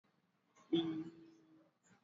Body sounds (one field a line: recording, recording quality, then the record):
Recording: sustained vowel as in beet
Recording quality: moderate, slight background noise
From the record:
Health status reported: exposed to COVID-19, no respiratory illness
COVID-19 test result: not tested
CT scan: not taken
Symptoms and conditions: none ticked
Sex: male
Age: 24 years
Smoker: no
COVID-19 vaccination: both doses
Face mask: worn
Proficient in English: yes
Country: India